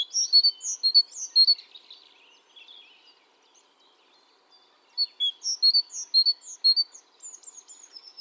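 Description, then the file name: Great tit calls: two quick runs of bright, high chirps and twittering notes, one at the start and one after a near-quiet gap of a few seconds. "Parus major"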